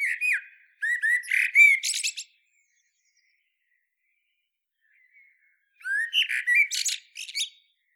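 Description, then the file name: Common blackbird song: a burst of low fluty notes with high squeaky twitters, a long silence, then another similar phrase. "Turdus merula"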